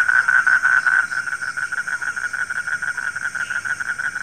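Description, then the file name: Frogs calling in quick repeated pulses, louder at first, then settling into an even rhythmic chorus. Frogs calling at night. "suara kodok di malam hari"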